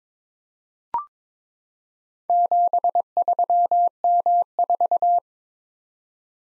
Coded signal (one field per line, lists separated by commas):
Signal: Morse code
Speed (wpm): 22 wpm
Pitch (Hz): 700 Hz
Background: none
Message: 73M4